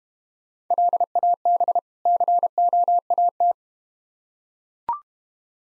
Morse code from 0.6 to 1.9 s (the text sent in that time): LAB